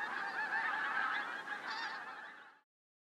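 Pink-footed goose honks from many birds overlapping in a steady clamour, fading out and ending abruptly near the close, followed by silence.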